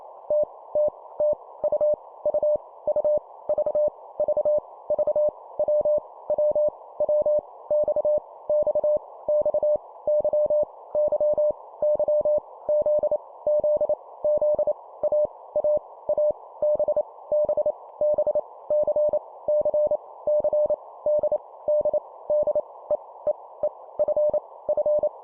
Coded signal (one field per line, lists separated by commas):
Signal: Morse code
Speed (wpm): 28 wpm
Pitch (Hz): 600 Hz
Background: none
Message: T T T U U U V V V W W W X X X Y Y Y Z Z Z A A A B B B C C C D D D E E E F F